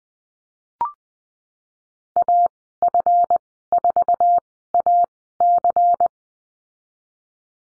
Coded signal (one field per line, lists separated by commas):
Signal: Morse code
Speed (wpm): 20 wpm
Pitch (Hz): 700 Hz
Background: none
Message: AF4AC